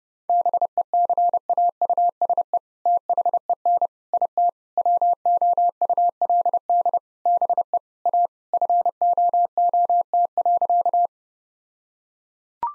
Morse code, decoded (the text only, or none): BECAUSE THEN IT WOULD BE A FOOT.